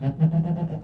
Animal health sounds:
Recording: contact call of a hoofed animal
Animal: goat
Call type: low-frequency (closed-mouth) or high-frequency (open-mouth) call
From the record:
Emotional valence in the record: negative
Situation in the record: food frustration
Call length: 0.84 s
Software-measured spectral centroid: 790 Hz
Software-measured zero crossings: 390 a second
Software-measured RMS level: -23 dBFS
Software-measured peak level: -10 dBFS

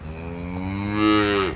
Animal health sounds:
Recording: contact call of a hoofed animal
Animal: cattle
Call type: low-frequency (closed-mouth) or high-frequency (open-mouth) call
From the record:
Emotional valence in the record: negative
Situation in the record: full separation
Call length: 1.56 s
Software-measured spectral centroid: 1810 Hz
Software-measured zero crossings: 1370 a second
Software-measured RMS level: -23 dBFS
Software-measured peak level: -8 dBFS

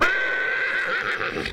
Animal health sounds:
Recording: contact call of a hoofed animal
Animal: horse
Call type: whinny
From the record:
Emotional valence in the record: negative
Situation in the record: separation from one group member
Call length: 1.53 s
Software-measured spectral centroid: 2170 Hz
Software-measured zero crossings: 3140 a second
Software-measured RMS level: -24 dBFS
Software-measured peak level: -10 dBFS

